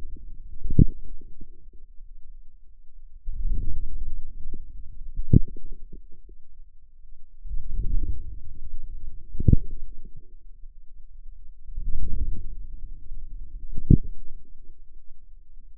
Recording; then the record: forearm muscle sounds (acoustic myography)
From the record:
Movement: outward rotation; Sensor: system 2, bracelet of six BSWA MPA416 microphones around the upper forearm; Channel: 5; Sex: female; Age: 23 years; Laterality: right